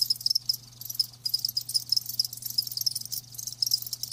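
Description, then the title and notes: Crickets trilling in high, quick chirps, several sharp notes standing out against a dense chorus and a soft low hum. Live crickets chirping with a lulling song. "Live Crickets Chirping. RainManCJ"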